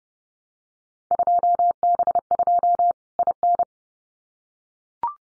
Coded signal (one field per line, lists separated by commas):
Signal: Morse code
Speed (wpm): 30 wpm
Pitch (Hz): 700 Hz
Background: none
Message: 2B2 IN